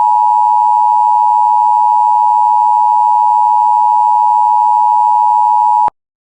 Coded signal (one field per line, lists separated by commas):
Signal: Emergency Alert System (SAME) tones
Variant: 853 and 960 Hz attention tone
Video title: Missouri Amber Alert Cancelation EAS 1